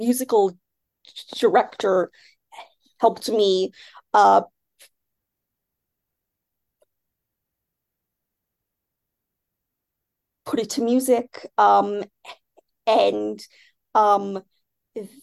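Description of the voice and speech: Adult female speaker who stutters. Her speech stops for a long silent block of about six seconds in the middle of a phrase. She also pauses briefly within phrases and draws out some sounds and fillers.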